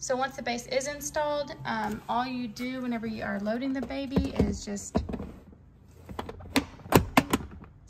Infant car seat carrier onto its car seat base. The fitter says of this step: so you hear the clicking and then you always just kind of tug on it a little bit just to make sure but